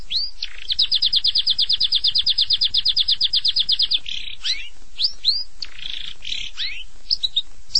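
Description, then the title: Long-tailed shrike song: an upswept whistle opens a steady, rapid trill of about three seconds, followed by varied rising whistled notes and short chirps. "Kicau Burung Pentet"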